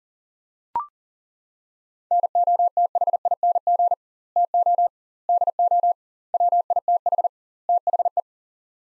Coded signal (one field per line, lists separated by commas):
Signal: Morse code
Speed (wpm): 40 wpm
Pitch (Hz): 700 Hz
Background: none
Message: NOTHING TO DO WITH THE